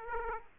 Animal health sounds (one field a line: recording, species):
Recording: mosquito wingbeat signal from an infrared sensor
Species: Aedes aegypti